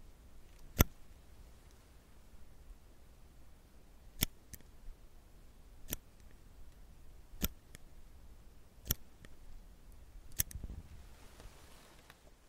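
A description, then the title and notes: Sharp metallic clicks of tweezers snap at fairly regular intervals, about every one and a half seconds, bright. A soft rustle of handling fills the gaps, with a brief fuller shuffle near the end. ASMR Doing your Makeup sound tweezers curling iron No Talking.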